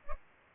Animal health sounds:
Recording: mosquito wingbeat signal from an infrared sensor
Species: Culex pipiens

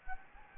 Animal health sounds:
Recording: mosquito wingbeat signal from an infrared sensor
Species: Anopheles gambiae

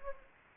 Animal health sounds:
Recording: mosquito wingbeat signal from an infrared sensor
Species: Anopheles gambiae

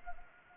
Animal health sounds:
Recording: mosquito wingbeat signal from an infrared sensor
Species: Anopheles arabiensis

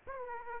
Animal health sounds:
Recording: mosquito wingbeat signal from an infrared sensor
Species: Aedes aegypti

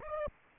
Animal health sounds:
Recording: mosquito wingbeat signal from an infrared sensor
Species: Aedes aegypti

